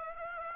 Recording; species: mosquito wingbeat signal from an infrared sensor; Aedes aegypti